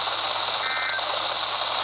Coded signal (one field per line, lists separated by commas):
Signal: Emergency Alert System (SAME) tones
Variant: end-of-message bursts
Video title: A Bit of a Stormy Birthday - EAS Alerts From 6/25/2025 - 6/26/2025 (EAS #518-536)